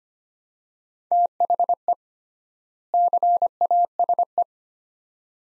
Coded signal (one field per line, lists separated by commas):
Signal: Morse code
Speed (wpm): 25 wpm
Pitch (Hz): 700 Hz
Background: none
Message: THE CASE